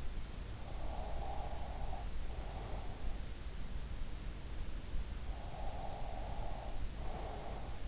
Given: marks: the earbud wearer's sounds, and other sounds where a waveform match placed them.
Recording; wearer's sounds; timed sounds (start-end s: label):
sounds in sleep by an in-ear microphone; breath
0.51-3.39 s: breath
5.16-7.88 s: breath